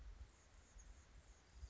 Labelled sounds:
Anna's Hummingbird (Calypte anna)
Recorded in Sonoma County, California

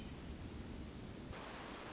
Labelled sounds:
Hermit Thrush (Catharus guttatus)
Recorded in Sonoma County, California

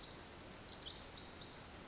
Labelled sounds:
Pacific Wren (Troglodytes pacificus)
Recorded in Sonoma County, California

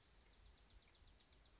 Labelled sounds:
Dark-eyed Junco (Junco hyemalis)
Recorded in Sonoma County, California

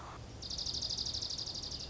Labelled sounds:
Dark-eyed Junco (Junco hyemalis)
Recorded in Sonoma County, California

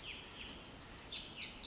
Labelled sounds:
Pacific Wren (Troglodytes pacificus)
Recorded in Sonoma County, California

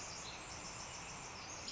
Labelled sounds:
Pacific Wren (Troglodytes pacificus)
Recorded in Sonoma County, California

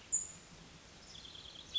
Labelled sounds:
Cassin's Vireo (Vireo cassinii)
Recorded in Sonoma County, California

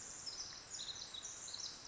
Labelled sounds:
Pacific Wren (Troglodytes pacificus)
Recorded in Sonoma County, California

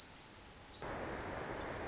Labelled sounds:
Pacific Wren (Troglodytes pacificus)
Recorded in Sonoma County, California

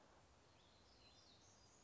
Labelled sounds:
Black-throated Gray Warbler (Setophaga nigrescens)
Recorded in Sonoma County, California

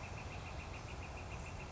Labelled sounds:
Northern Flicker (Colaptes auratus)
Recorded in Sonoma County, California

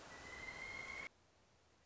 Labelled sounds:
Pileated Woodpecker (Dryocopus pileatus)
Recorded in Sonoma County, California

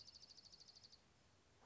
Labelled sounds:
Dark-eyed Junco (Junco hyemalis)
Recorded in Sonoma County, California

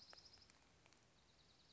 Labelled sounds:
Dark-eyed Junco (Junco hyemalis)
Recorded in Sonoma County, California

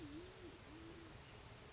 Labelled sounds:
Band-tailed Pigeon (Patagioenas fasciata)
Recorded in Sonoma County, California

